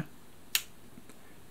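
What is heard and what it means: The hook retaining plate in the hook assembly of a Bernina sewing machine is pushed in hard until its latch engages the small shaft. A single sharp click is heard at 0.6 s as the plate seats, followed by a much fainter tick around 1.1 s. No one talks.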